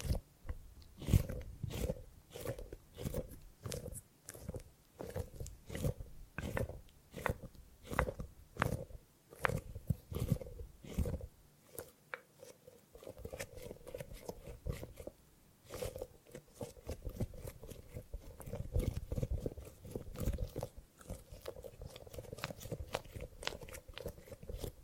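Gripping and grabbing sounds: a steady run of short, sharp handling noises, crackling and snapping at a quick, uneven pace. Dense clusters of clicks are broken by brief pauses, near 12 and 15 seconds, with a low rubbing undertone throughout.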